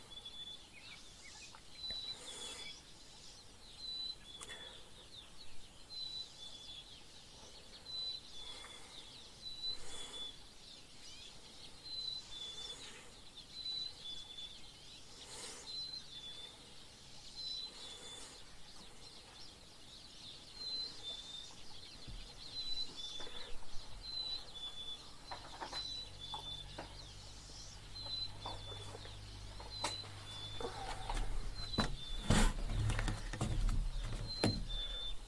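A bird repeats a short, high two-note call over and over at a steady, regular pace for the whole clip. After about 25 seconds a low rumble and scattered clicks and knocks join in, growing louder toward the end.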